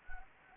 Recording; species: mosquito wingbeat signal from an infrared sensor; Anopheles gambiae